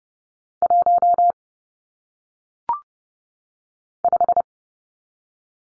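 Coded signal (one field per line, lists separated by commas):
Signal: Morse code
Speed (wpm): 30 wpm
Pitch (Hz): 700 Hz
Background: none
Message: 1 5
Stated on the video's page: Morse practice of single-digit numbers at 30 wpm, each sent, spoken, then sent again.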